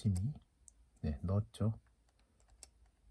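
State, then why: Not seated. Someone talks while a replacement grid focusing screen is inserted into the screen holder of a Canon 5D DSLR, followed by quiet handling noises and a brief faint tick near 2.6 s. The screen has not seated or clicked into place yet.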